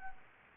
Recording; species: mosquito wingbeat signal from an infrared sensor; Anopheles gambiae